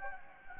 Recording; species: mosquito wingbeat signal from an infrared sensor; Anopheles gambiae